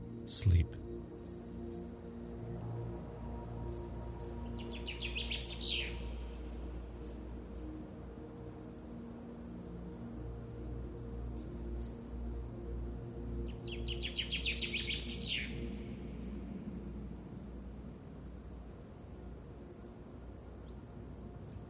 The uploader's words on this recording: Windy Spring Day. By request we have created another soundscape set in the forest, but this time with the wind as a focus.